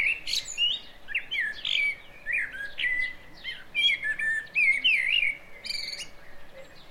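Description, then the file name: Common blackbird singing a run of mellow warbled phrases mixed with high squeaky twittering notes, over a faint steady hum. "Turdus merula"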